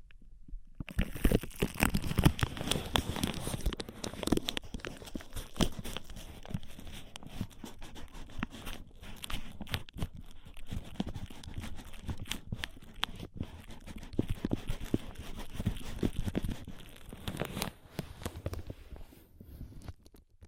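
Ear massage and cleaning sounds: dense, continuous rubbing, crinkling and scratching that runs throughout without pause. The texture is rough and busy, with many quick crackles and tearing-like rasps, heavier and fuller in the first few seconds and again around fifteen seconds.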